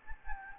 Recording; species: mosquito wingbeat signal from an infrared sensor; Anopheles gambiae